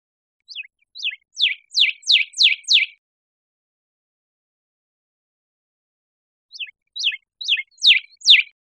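Northern cardinal singing two phrases of several steep, loud downslurred whistles, with a few seconds of silence between them.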